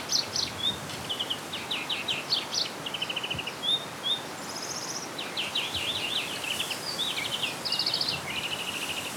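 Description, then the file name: European greenfinch delivering a continuous twitter of buzzy trills, rattles and brief chirps, phrases changing every second or so, against light background hiss. "Chloris chloris"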